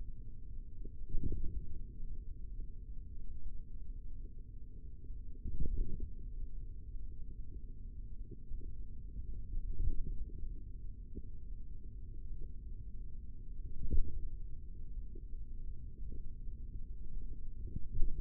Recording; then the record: forearm muscle sounds (acoustic myography)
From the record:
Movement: tripod grip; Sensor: system 3, bracelet of six PUI Audio POM-2738L microphones around the upper forearm, with dedicated amplification and filtering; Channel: 6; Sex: male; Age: 43 years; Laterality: right